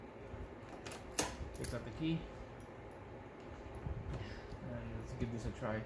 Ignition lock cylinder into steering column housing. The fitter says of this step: push it in it will you will hear it click there you go